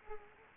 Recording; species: mosquito wingbeat signal from an infrared sensor; Culex quinquefasciatus